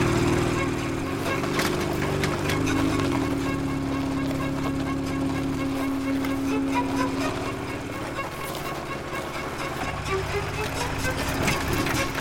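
A motorcycle ridden by Baim across the boundless steppe, its engine droning steadily for the whole stretch, the buzzing pitch dipping and climbing briefly early on before settling into a loud, even hum.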